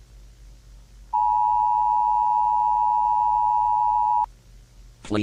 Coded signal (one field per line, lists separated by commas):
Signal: Emergency Alert System (SAME) tones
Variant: 853 and 960 Hz attention tone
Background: speech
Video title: EAS Scenario/Analog Horror - Tartarus (Halloween)